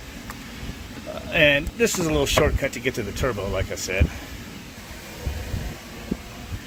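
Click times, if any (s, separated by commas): 0.3 s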